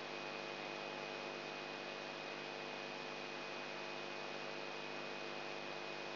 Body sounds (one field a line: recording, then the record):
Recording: brain microelectrode recording played as sound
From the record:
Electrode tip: inside the subthalamic nucleus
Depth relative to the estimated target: 2 mm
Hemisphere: right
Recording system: AlphaMap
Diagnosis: Parkinson's disease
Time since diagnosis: 8 years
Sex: male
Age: 59 years